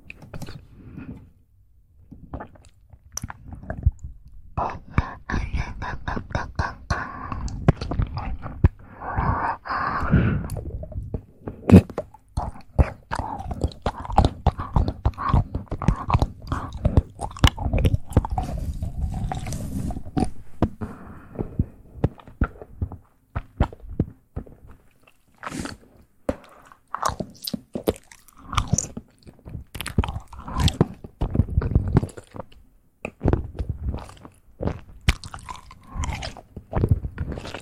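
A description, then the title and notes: Soft mouth sounds, a dense run of wet clicks, smacks and chewing-like crunches that go on without a break. The sounds are quick and irregular, with brief quieter gaps around 2, 21 and 25 seconds. ASMR Soft Mouth Sounds.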